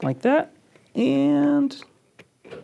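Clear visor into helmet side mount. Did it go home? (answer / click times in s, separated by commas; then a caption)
yes / 2.2 s. The second side of a clear plastic visor is pressed into its side mount on a GMax GM65/GM65S half helmet, and it clicks into place at 2.2 s, seated. Someone talks before and between, and a short faint tick follows the click.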